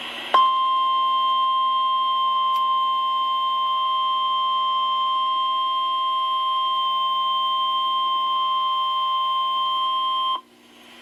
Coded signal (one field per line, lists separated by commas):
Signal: Emergency Alert System (SAME) tones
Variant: 1050 Hz attention tone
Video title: EAS Alerts from Severe Weather in Alabama and Florida (EAS# 30-42)